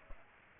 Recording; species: mosquito wingbeat signal from an infrared sensor; Aedes aegypti